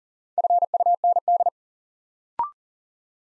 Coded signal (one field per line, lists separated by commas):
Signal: Morse code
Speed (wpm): 42 wpm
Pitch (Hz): 700 Hz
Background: none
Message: FUND